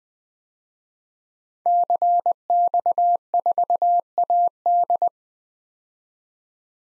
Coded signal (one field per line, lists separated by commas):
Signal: Morse code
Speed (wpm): 21 wpm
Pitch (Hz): 700 Hz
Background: none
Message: CX4AD